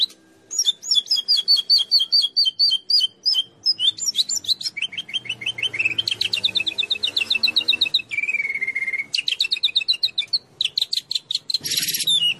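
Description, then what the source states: White-rumped shama song: long, varied outpouring of rapid high chatters, buzzy trills and a sustained whistled note, notes following each other quickly. Recording used as masteran, training song for songbirds; described as a champion bird.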